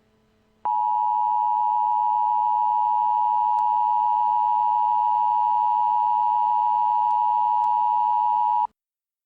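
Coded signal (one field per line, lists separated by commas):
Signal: Emergency Alert System (SAME) tones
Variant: 853 and 960 Hz attention tone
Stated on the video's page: Fictional EAS scenario with simulated alert tones.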